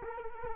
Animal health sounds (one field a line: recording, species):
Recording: mosquito wingbeat signal from an infrared sensor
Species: Culex quinquefasciatus